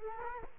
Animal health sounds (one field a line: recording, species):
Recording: mosquito wingbeat signal from an infrared sensor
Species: Culex quinquefasciatus